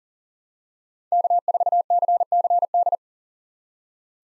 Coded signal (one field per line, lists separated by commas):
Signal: Morse code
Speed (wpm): 40 wpm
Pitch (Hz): 700 Hz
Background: none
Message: K4CCD